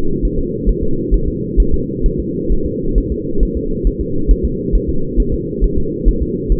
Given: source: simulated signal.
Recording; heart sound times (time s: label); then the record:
fetal heart sounds
0.25 s: S1
0.39 s: S2
0.69 s: S1
0.83 s: S2
1.14 s: S1
1.28 s: S2
1.60 s: S1
1.74 s: S2
2.06 s: S1
2.20 s: S2
2.52 s: S1
2.66 s: S2
2.98 s: S1
3.12 s: S2
3.43 s: S1
3.57 s: S2
3.87 s: S1
4.01 s: S2
4.31 s: S1
4.45 s: S2
4.75 s: S1
4.89 s: S2
5.20 s: S1
5.34 s: S2
5.64 s: S1
5.78 s: S2
6.09 s: S1
6.22 s: S2
6.52 s: S1
From the record:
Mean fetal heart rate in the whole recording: 135 bpm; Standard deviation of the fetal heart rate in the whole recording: 3 bpm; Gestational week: 36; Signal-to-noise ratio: -8.1 dB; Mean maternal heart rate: 72 bpm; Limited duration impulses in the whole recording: present